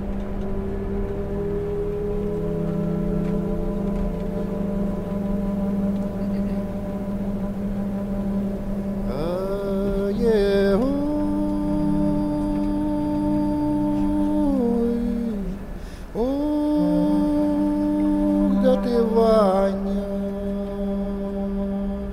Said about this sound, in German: Der Bus in die Ukraine fährt mittlerweile auf der Autobahn zwischen Dortmund und Unna. Die Fahrt gestaltet sich zäh.